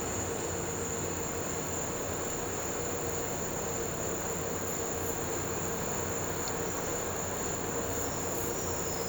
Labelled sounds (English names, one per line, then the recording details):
none
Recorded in pastures near Puerto Asís, Putumayo, Colombia, on 4 March 2025 at 14:00
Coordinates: 0.466, -76.322
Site CSA-02